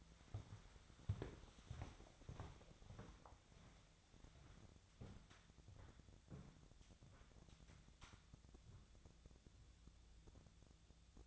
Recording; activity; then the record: daily activity, microphone in the room; walk to room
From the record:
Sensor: 3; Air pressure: 1000.0 hPa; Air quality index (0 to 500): 123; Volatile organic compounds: 2 ppm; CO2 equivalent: 1103 ppm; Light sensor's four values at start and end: 39/95/42/46 and 41/100/44/48